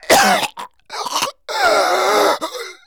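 A man gives a run of about five harsh coughs over three seconds. The longer bursts are strongly voiced, with a groaning, throaty tone. It is a plain adult male cough.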